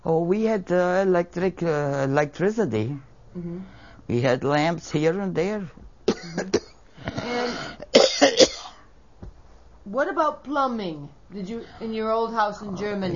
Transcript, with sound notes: Oh, we had electric, electricity. We had lamps here and there. ( she coughs )
What about plumbing in your old house in Germany?